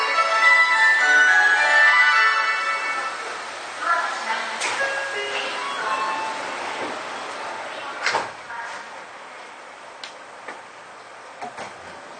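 A ride aboard a Seibu 6000 series train. In the first few seconds, a cluster of high whining tones shifts and then fades as the overall sound settles. A steady hiss remains, broken by sharp knocks near 4.5, 8, 10 and 12 seconds.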